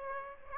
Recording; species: mosquito wingbeat signal from an infrared sensor; Aedes aegypti